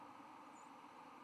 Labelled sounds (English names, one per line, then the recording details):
White-throated Sparrow flight call
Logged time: 09:57 on 10 November 2014